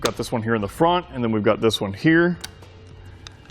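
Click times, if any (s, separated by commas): 3.3 s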